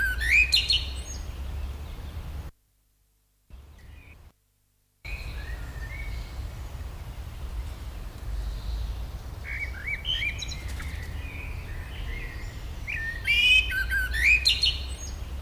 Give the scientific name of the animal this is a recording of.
Turdus merula